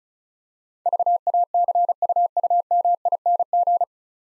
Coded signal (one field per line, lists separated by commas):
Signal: Morse code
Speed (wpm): 35 wpm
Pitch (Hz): 700 Hz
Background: none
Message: VACUUMING